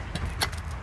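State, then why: Seated. A plastic spool cap is pushed onto the head of a Black+Decker 3-in-1 string trimmer after the line has been threaded, with a low background rumble throughout. A faint tap comes at 0.2 seconds, then a sharper, brighter click at 0.4 seconds as the cap's tabs snap into place and the cap is seated.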